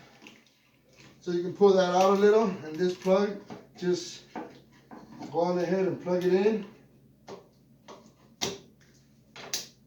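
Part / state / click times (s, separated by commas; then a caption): trailer wiring harness plug into vehicle rear connector / seated / 8.4 s, 9.5 s. Someone talks while installing a tow package on a 2019 Chevy Traverse, pushing the trailer wiring harness plug into its mating connector at the back of the vehicle. Two sharp, short clicks land at 8.4 s and 9.5 s as the plug seats.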